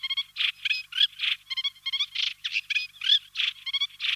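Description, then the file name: Eurasian reed warbler song: a rapid, jerky run of harsh churring notes mixed with short whistled notes. "Reed Warbler Acrocephalus scirpaceus"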